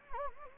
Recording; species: mosquito wingbeat signal from an infrared sensor; Anopheles gambiae